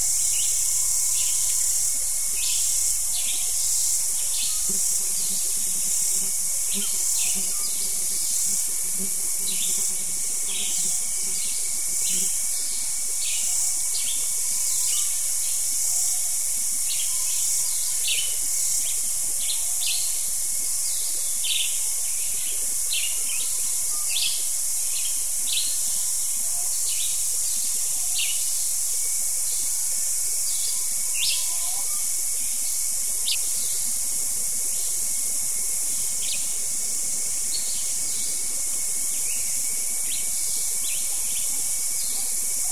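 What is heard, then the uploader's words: Morning insects keep up a dense, steady high hiss and buzz throughout, with a constant thin whine running underneath. Short bright bird calls and chirps poke through regularly across the whole stretch, scattered every second or two, while the low end stays nearly empty. The morning insects give way to the morning dawn chorus of birds.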